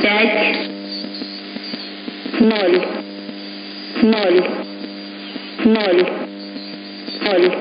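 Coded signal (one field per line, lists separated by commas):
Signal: numbers station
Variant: S06s, Russian female voice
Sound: a woman's voice speaking single short words at even intervals, about five, over hum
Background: radio hum and static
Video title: 04 05 2021 Number station S06s Russian Lady in Russian to Eu 0740 on 11655 unknown tx site in CUSB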